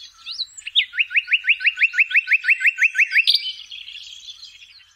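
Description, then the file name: Common nightingale song: a rapid series of repeated whistled notes, ending in a buzzy flourish that fades away. "nightingale"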